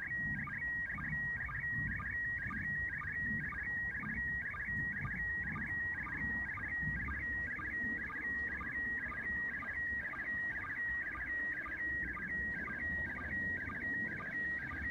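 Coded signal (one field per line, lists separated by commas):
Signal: SSTV (slow-scan television)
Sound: warbling, chirping tones repeating about twice a second, with a steady whistle between bursts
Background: low rumbling background noise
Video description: International Space Station sstv captured with radioscanner and Robot36 app on tablet.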